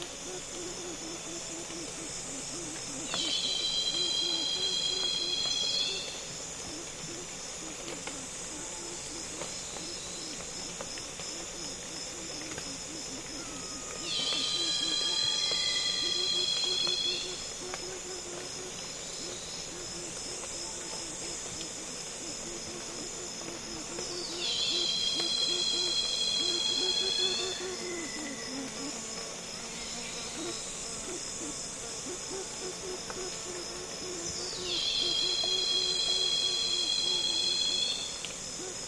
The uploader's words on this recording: Congo Basin Rainforest - Afternoon - Loud Cicadas. Loud cicadas calling on a calm afternoon in the Congo basin rainforest, accompanied by other insects flying and buzzing close to the mics.